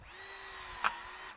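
A power drill drives a screw into a wooden gate while fitting a gate latch, its motor whining steadily for about 1.3 seconds. A sharp snap sounds at 0.9 s as the drive ends, and the screw has stripped.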